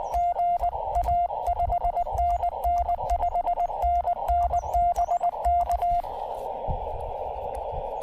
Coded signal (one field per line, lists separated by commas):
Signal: Morse code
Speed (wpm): 20 wpm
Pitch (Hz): 700 Hz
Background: radio noise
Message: GA 5NN 5NN BK